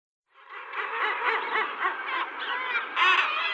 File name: Guillemot